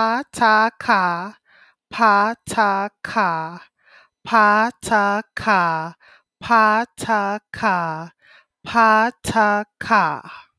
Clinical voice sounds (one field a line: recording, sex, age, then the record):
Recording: repeated syllables /pa ta ka/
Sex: female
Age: 30 to 39 years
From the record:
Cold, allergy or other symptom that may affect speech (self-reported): no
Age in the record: 37 years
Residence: Louisiana, United States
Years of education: 13